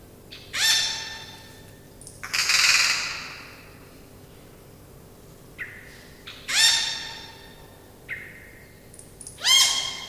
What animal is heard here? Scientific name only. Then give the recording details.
Cacicus cela. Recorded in captivity. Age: adult. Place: Zoo Berlin, Berlin, DE. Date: 2000-09-07 16:57. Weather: fair, 16°C. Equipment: Nagra SN, Kopie Uher 4000 Report Monitor. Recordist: Tembrock, Günter. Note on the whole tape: Diverse Lautformen, Entfernung ca. 10 m. Nachhall und Brummen in der Aufnahme